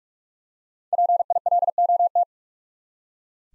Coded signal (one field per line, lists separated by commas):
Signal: Morse code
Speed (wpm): 45 wpm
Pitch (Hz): 700 Hz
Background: none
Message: PILOT